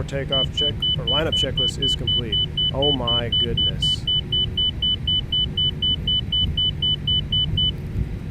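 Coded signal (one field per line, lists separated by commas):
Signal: none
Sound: car indicator clicks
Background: speech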